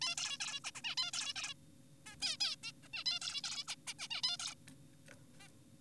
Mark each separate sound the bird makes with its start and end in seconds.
0.02-0.15, 0.17-0.38, 0.40-0.60, 0.64-0.71, 0.75-0.81, 0.84-0.95, 0.97-1.11, 1.14-1.33, 1.36-1.54, 2.06-2.16, 2.22-2.37, 2.41-2.56, 2.63-2.72, 2.83-2.88, 2.94-3.04, 3.06-3.19, 3.21-3.42, 3.44-3.63, 3.68-3.75, 3.87-3.94, 3.99-4.08, 4.11-4.21, 4.24-4.37, 4.39-4.55, 5.40-5.48